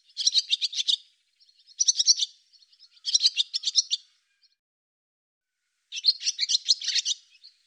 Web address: Deverinetal 2025 Bird Hi Ru Hi Ru